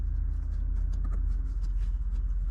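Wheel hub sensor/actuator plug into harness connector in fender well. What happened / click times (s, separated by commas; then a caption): Handled, not yet home: the wiring connector has not clicked in / none. The electrical plug of a Ford Super Duty wheel hub assembly is handled as it is brought to its mating harness connector on the back side of the fender well. A steady low hum runs under faint rustling, with a brief soft tap near 1.1 seconds. Nothing has seated or clicked in yet.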